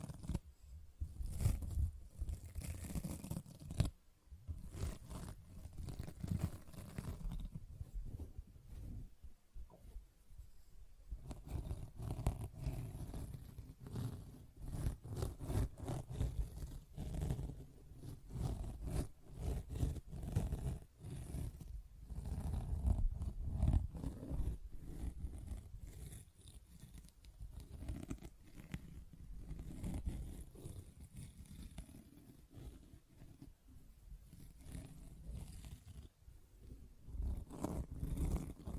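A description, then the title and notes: A sponge is worked, with rough scratching, brushing and squishing strokes that repeat irregularly throughout. The sound is dense and low-heavy with gritty upper texture, a brief pause near four seconds and another lull around ten seconds. Sponge Sounds - Scratching, Squishing, Brushing, Cutting.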